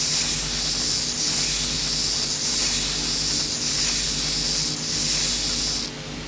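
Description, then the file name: Heath grasshopper stridulating, a hissing high buzz in repeated phrases, over a steady low hum. "Heidegrashuepfer"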